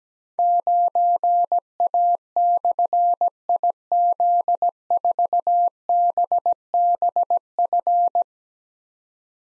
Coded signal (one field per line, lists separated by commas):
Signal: Morse code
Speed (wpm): 17 wpm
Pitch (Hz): 700 Hz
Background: none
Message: 9A/IZ4BBF